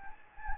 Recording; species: mosquito wingbeat signal from an infrared sensor; Anopheles gambiae